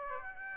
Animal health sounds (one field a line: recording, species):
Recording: mosquito wingbeat signal from an infrared sensor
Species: Aedes aegypti